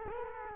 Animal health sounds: mosquito wingbeat signal from an infrared sensor; Culex quinquefasciatus

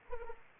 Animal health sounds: mosquito wingbeat signal from an infrared sensor; Anopheles arabiensis

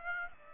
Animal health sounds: mosquito wingbeat signal from an infrared sensor; Aedes aegypti

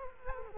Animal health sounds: mosquito wingbeat signal from an infrared sensor; Culex quinquefasciatus

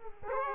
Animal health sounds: mosquito wingbeat signal from an infrared sensor; Aedes aegypti

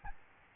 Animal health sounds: mosquito wingbeat signal from an infrared sensor; Aedes albopictus

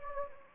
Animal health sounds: mosquito wingbeat signal from an infrared sensor; Anopheles gambiae

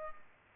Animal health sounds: mosquito wingbeat signal from an infrared sensor; Culex pipiens

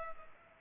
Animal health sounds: mosquito wingbeat signal from an infrared sensor; Culex pipiens

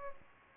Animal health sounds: mosquito wingbeat signal from an infrared sensor; Culex pipiens

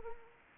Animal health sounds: mosquito wingbeat signal from an infrared sensor; Anopheles arabiensis

